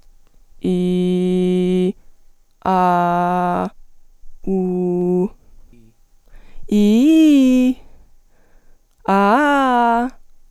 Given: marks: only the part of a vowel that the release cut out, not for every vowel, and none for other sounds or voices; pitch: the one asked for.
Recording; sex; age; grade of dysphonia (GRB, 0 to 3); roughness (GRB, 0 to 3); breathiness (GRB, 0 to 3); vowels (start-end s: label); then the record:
sustained vowels; female; 20 to 29 years; 0; 0; 0
0.80-1.81 s: vowel /i/, low pitch
2.92-3.53 s: vowel /a/, low pitch
4.55-5.20 s: vowel /u/, low pitch
6.80-7.66 s: vowel /i/, low-high-low pitch
9.18-10.03 s: vowel /a/, low-high-low pitch
From the record:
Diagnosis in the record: healthy voice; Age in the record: 20 years